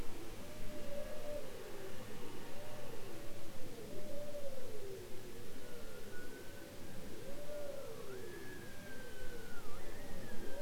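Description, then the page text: Bowhead whale calls, a dense series of low arched moans, joined later by higher, flat whistled tones with a sudden upward jump, over low rumbling noise. Bowhead whales described as copycats, imitating sounds heard in their environment. "Bowhead whales ( Balaena mysticetus ) are copycats, imitating sounds heard in their environment. Polar Research"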